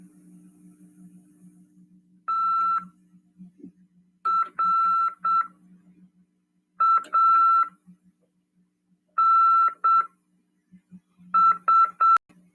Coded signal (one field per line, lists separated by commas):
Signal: Morse code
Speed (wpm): 7 wpm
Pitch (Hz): 1340 Hz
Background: none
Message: TRANS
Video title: RADIOAMADOR 1ºEd 29/12/2022 "AULA 52: CW, LEGIS e C.RODADA" PY2EXU PAULO FM 146.410 Mhz. CRASP/RAF.